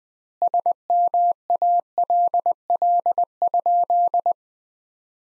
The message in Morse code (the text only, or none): SMALL?